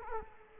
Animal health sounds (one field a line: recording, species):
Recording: mosquito wingbeat signal from an infrared sensor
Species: Culex quinquefasciatus